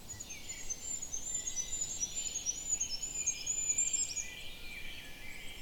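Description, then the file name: Goldcrest giving a rapid string of very high, thin, sibilant notes that run almost continuously over a soft background hiss. "wintergoldhaehnchen"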